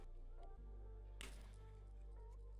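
A camera rig accessory is pushed onto a Sony A6600 mirrorless camera or its mount over a steady low hum with faint musical tones. A sharp, bright snap at 1.2 s shows it seating firmly in place.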